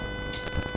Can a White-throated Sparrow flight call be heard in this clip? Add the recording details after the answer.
no. No flight call is heard. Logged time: 00:54 on 3 September 2014